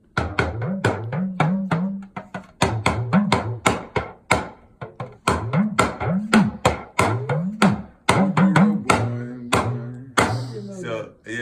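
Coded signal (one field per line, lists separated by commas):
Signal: talking drum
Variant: Yoruba dùndún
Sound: rapid drum strokes with low tones gliding up and down like speech melody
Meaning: The God that we lift our eyes to, the God who we rest our back on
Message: Ọba tí a bójúlé, Ọba tí a fẹ̀yìntì ... Oníbàbọ̀ fẹ̀yìntì Jésù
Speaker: or the God that we lift our eyes on, we lift our eyes to. Fix our eyes Ọba tí a fẹ̀yìntì, the God who we rest our back on, or we rest on.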